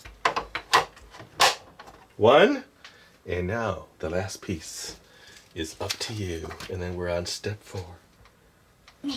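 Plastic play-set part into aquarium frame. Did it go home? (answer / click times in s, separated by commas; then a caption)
yes / 0.3 s, 0.6 s. A plastic part of a Playmobil Aquarium Play Set #9060 is snapped into the aquarium frame at two points, giving two sharp clicks at 0.3 s and 0.6 s as the toy connectors seat. A few more light taps follow, and then someone talks.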